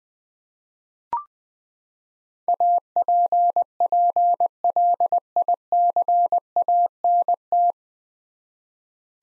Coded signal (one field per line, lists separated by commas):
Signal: Morse code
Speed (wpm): 20 wpm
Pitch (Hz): 700 Hz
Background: none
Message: APPLICANT